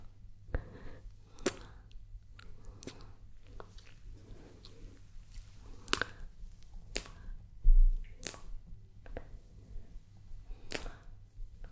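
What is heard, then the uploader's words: Wet mouth sounds with sharp clicks and smacks every second or so over a low steady hum. ASMR Mouth Sounds.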